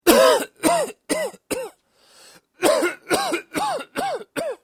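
Nine short, voiced cough bursts come in two runs, four then five, with a quick inhaled breath between them. Each burst carries a hoarse, rising-then-falling tone. An acted adult male coughing fit.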